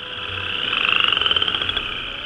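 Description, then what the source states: Chorus frog trill: a rapid pulsed, rasping call that rises slightly in pitch over about two seconds, with a faint low hum behind. First chorus frogs of March in the wetlands; larger, more dominant frogs have deeper voices; warmer weather gives a faster tempo.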